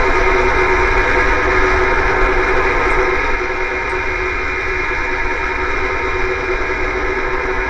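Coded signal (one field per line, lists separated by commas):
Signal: HF data modem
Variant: STANAG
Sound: continuous harsh rumbling hiss, like a diesel engine idling, without pauses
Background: radio static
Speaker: It's called Stanag. Now, Stanag is a digital mode used by the US military. And uh you hear it, it sounds like a diesel engine running.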